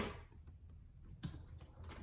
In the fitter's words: And all you do is lift at the bottom to unlock it.